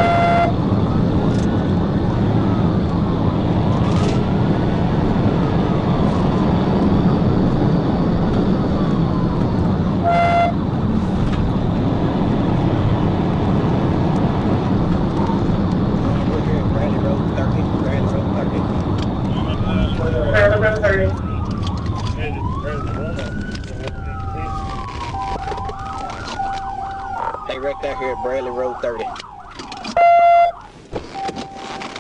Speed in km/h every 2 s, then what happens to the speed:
147, 158, 167, 172, 155, 148, 159, 156, 138, 103, 58, 40, 10, 0, 0, 0.
0-5 speeds up to 172. 5-9 brakes to 148. 14-26 brakes to 0. 26-32 standing.